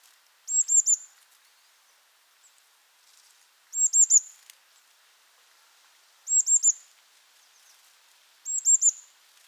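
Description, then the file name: Eurasian blue tit giving four short bursts of sharp, very high notes, a few seconds apart. "Cyanistes caeruleus"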